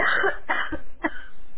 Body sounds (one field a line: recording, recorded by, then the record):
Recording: voluntary cough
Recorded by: telephone call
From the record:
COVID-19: positive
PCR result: self-reported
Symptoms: no